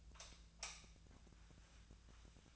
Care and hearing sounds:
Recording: daily activity, microphone in the room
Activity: light off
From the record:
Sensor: 2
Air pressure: 1009.7 hPa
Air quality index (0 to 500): 182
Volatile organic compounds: 11 ppm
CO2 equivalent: 2266 ppm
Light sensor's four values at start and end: 31/82/35/37 and 26/64/28/30

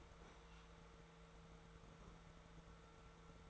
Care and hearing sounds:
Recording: daily activity, microphone in the room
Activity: open fridge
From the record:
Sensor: 3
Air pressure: 1014.8 hPa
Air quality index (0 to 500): 196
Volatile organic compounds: 26 ppm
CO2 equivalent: 2866 ppm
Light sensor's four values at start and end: 12/30/12/13 and 12/31/12/13

